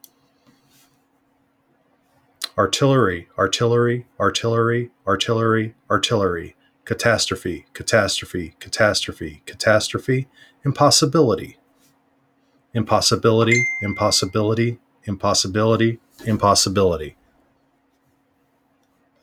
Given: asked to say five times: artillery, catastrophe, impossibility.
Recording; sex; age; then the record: three words, each repeated; male; 40 to 49 years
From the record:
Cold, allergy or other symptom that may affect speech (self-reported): no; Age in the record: 48 years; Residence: Nebraska, United States